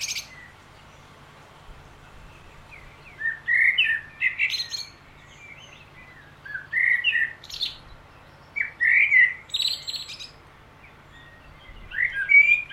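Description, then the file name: Common blackbird singing several short, varied fluty phrases, most with a high twittered ending, a few seconds apart. "Turdus merula"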